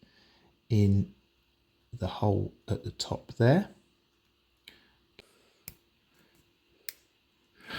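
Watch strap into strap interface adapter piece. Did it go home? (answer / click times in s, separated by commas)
yes / 6.9 s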